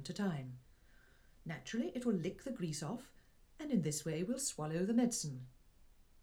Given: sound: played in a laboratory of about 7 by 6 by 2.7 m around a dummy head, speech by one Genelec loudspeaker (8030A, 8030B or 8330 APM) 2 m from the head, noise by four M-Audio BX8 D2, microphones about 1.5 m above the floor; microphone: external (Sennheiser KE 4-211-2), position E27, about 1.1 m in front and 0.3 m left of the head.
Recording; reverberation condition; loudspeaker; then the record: female speech in English; low; 30 degrees to the right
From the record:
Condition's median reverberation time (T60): about 310 ms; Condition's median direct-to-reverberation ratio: about 3.5 dB